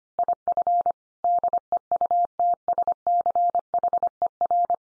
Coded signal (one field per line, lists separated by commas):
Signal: Morse code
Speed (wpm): 25 wpm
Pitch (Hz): 700 Hz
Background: none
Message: IF DEUTSCHER